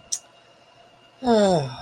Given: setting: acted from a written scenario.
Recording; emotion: vocal sound without words; contentment